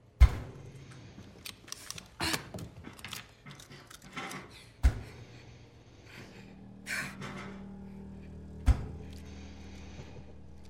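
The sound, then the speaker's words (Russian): A lighter is pulled out with rustling handling noise, then flicked with several sharp metallic clicks and brief bursts, while a low steady hum sets in partway through. “Достает зажигалку.”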